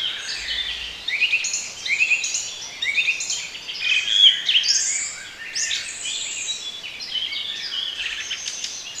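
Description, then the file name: Birds singing in a crowded chorus of high twitters and short whistles, over a soft hiss in the background. Bird sounds for relaxation. "relaksacja odglosy ptakow"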